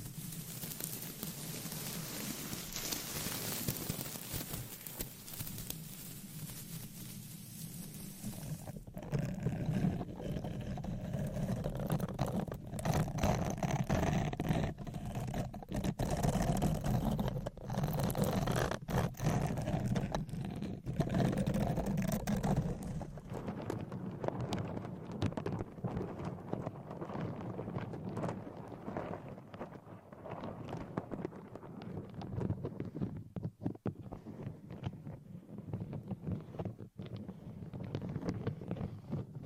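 Scratching and tapping triggers change every few seconds. The first nine seconds are a bright, dense, hissy scratching, then a fuller rubbing with a low rumble and quick clicks runs until about 23 seconds, and the rest is duller, with scattered light taps.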